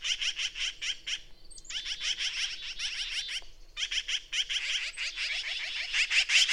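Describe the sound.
Bird song of fast, high, buzzy chips in long runs, interrupted by a few thin whistled notes and short gaps.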